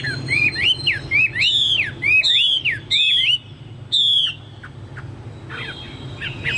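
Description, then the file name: Chinese hwamei song: rich looping whistled phrases with down-slurred ends, repeated several times, then quieter scattered notes. "hwamei-2-omkicau"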